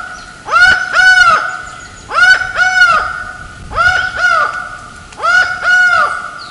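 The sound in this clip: Laughing falcon calling in loud, nasal paired notes, each pair repeated roughly every one and a half seconds.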